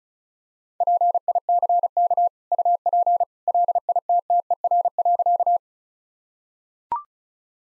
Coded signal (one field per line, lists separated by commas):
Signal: Morse code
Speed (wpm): 36 wpm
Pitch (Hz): 700 Hz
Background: none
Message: PICK UP LITTER.